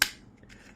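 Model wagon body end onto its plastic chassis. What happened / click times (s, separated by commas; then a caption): The plastic part snapped into place / 0.0 s. The other end of a plastic Hornby model wagon body is pressed onto its plastic chassis and snaps home with a single sharp, bright click at 0.0 s. A few faint, small handling ticks follow as the sound dies away. The body end is seated.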